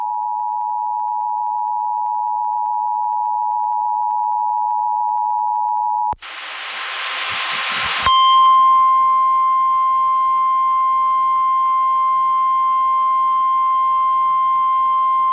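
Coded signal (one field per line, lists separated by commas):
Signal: Emergency Alert System (SAME) tones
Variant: 853 and 960 Hz attention tone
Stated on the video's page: North Carolina Required Monthly Test and tornado drill captured from an FM station.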